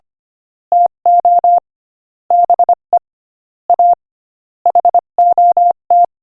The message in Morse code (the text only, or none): TO BE A HOT